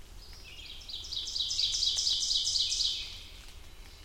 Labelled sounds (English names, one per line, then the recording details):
Ovenbird song
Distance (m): 40 m
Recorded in boreal forest in Alberta, Canada, on 2 June 2016 at 07:01
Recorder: SongMeter 3, array SBT-3-7
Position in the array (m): 44 m, 159 m
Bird 4